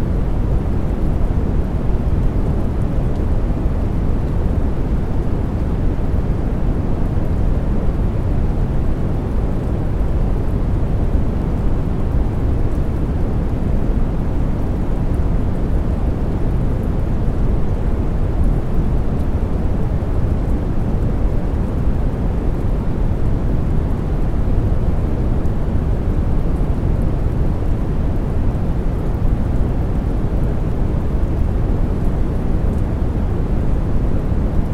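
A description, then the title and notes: Deep, steady brown noise mixed with the soft patter of falling rain. The sound is dense and low, a continuous rumble with a gentle hiss on top, holding an even level from start to finish with no distinct events. Brown Noise | With Gentle Rain Tones. This results in a deep, low rumble sound profile, dominated by lower frequencies. Brown Noise's deep tones with the timeless serenity of falling rain.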